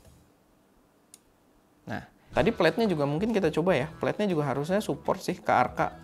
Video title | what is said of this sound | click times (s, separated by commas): Ternyata Ini Fungsinya Buat Fotografer Makro - Nisi Macro Focusing Rail NM-180 | kalau di posisi yang pas gitu Itu ada suara kliknya gitu Nah | 1.1 s